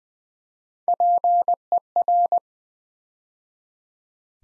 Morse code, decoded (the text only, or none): PER